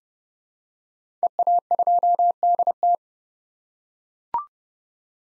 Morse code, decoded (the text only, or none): EA2DT